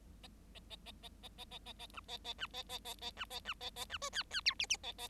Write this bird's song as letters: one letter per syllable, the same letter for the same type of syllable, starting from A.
A A A A A A A A A A B A A B A A A A B A B A A B C D D E F F A A